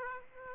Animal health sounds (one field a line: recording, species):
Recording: mosquito wingbeat signal from an infrared sensor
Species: Aedes aegypti